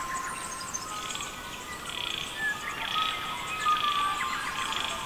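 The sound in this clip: Bird song with busy twittering chirps and thin whistled notes, a short whistle and a flat pure tone standing out.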